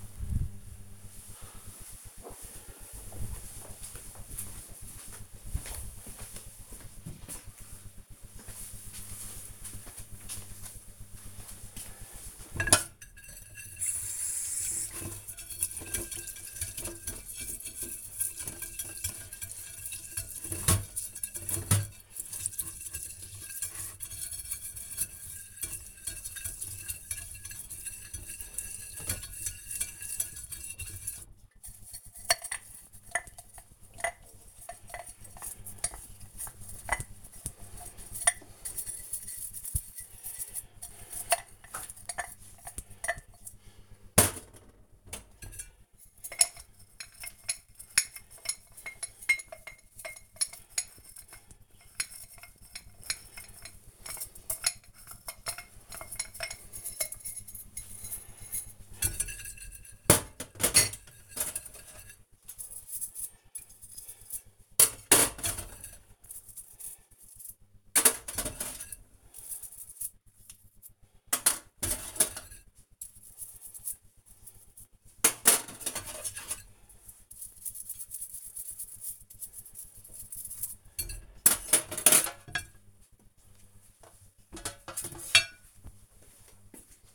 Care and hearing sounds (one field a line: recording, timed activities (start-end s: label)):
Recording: household activities, microphone on the right wrist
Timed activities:
13.41-81.81 s: washing dishes